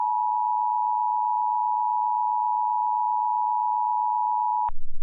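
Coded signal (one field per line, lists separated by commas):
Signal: Emergency Alert System (SAME) tones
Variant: 853 and 960 Hz attention tone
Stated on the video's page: Flash Flood Warning shown on a WeatherStar XL emulator.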